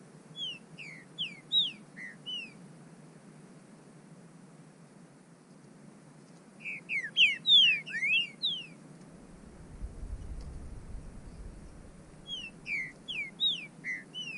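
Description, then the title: Bird song in three bursts of quick slurred whistles, falling and rising, separated by quiet gaps of several seconds, with a low rumble after the second burst. "burung"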